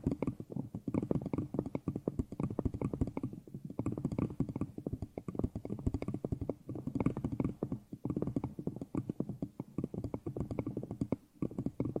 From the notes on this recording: Headphone Nail tapping